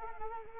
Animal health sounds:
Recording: mosquito wingbeat signal from an infrared sensor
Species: Anopheles arabiensis

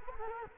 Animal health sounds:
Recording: mosquito wingbeat signal from an infrared sensor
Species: Culex quinquefasciatus

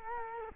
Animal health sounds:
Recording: mosquito wingbeat signal from an infrared sensor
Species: Culex quinquefasciatus

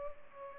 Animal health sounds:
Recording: mosquito wingbeat signal from an infrared sensor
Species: Culex pipiens

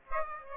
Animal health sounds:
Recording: mosquito wingbeat signal from an infrared sensor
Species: Aedes aegypti

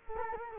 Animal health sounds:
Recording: mosquito wingbeat signal from an infrared sensor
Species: Culex quinquefasciatus

